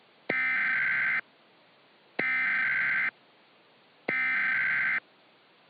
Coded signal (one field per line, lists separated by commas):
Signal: Emergency Alert System (SAME) tones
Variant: header bursts